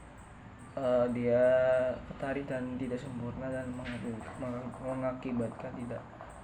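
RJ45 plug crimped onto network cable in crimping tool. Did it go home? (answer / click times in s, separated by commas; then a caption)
no / none. An RJ45 plug on a straight network cable sits in a crimping tool while the cable is held pressed in, so it does not get pulled back during crimping and leave an imperfect connection. Someone talks throughout, with no distinct mechanical sounds standing out. Nothing has clicked or seated yet.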